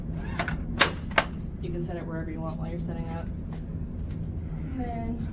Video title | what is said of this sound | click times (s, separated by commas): PRO Axis tutorial | and it'll click into place wherever. | 1.2 s